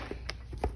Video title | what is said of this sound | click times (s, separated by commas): Shapeoko Project Complete. This thing is amazing. DIY | and everything locks in place | 0.3 s, 0.6 s